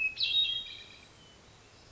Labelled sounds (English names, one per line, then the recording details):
Hermit Thrush
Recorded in Sonoma County, California